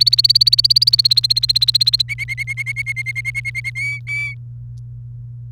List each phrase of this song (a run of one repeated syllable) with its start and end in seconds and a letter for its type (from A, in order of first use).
0.01-2.02 A, 2.08-3.70 B, 3.75-4.34 C